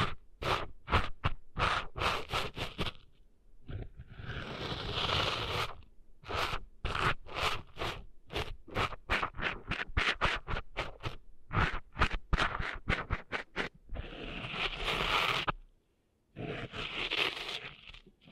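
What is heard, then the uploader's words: Close scratchy scraping and crunching of sand being cleaned from ears, in rapid repeated strokes broken by longer rubbing swishes and one brief pause. ASMR Cleaning Sand Out of Your Ears (No Talking).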